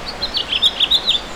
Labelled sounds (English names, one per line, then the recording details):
House Finch song
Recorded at Montauk on Long Island, New York, on 15 June 2013
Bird H